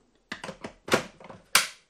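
The plastic main body of a Ninja juicer is turned to the right with the release button held, then pulled off its motor base. Several light plastic clicks come first, and a loud release click at 1.6 s unlocks the main body so it comes free.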